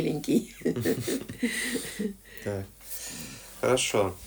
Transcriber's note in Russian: смех